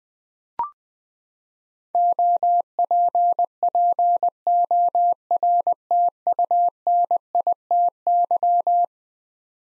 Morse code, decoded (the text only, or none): OPPORTUNITY